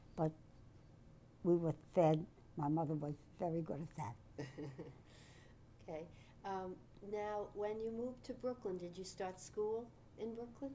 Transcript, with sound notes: But we were fed. My mother was very good at that.
[chuckles] Okay. Now, when you moved to Brooklyn did you start school in Brooklyn?